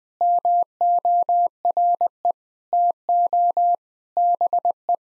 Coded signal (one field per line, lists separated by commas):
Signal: Morse code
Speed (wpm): 21 wpm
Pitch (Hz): 700 Hz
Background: none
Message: MORE TO BE